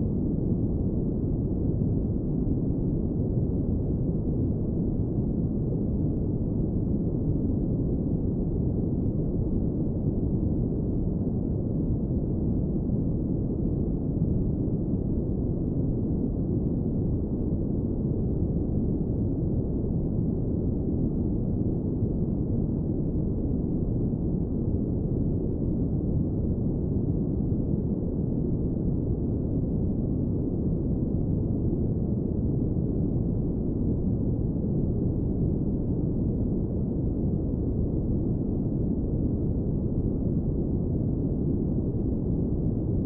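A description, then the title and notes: Brown noise holds perfectly steady throughout, a dense, deep rumbling hiss weighted low and muffled, with no highs and no changes or events. One hour of brown noise sounds.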